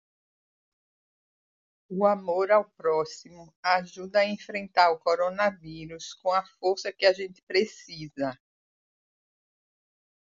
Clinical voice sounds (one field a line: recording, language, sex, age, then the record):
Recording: spoken sentence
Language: Brazilian Portuguese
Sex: female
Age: 60 to 69 years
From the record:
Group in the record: control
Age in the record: 60 years